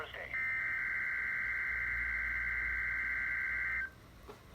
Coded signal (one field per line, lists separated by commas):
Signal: Emergency Alert System (SAME) tones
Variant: header bursts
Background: speech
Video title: Last weekly tests of November from 11/22/20 - 11/25/20 EAS#382-384